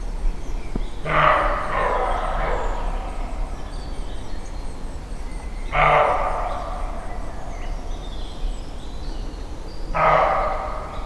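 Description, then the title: Roe deer giving loud, rasping alarm barks, three of them spaced roughly four to five seconds apart, with low background noise between. Single startled roe deer giving fright barks, Weinschnait near Neuffen, Germany; recorded with a Sony PCM-D50 recorder. "Weinschnait, Neuffen, Deutschland - barking roe deer"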